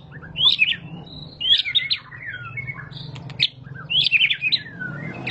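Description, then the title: White-rumped shama giving bursts of high squeaky, warbling phrases separated by short gaps, over a faint low hum. Lure recording (pancingan) of a high-quality caged bird song, much sought for use as a master tutor recording to train other caged birds. "Pancingan Murai Batu Berkelas Banyak Di Cari Buat Masteran"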